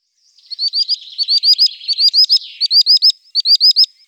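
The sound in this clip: Sandpiper calling: rapid bursts of thin, high, sharply rising notes in quick runs of three or four, with brief pauses between runs.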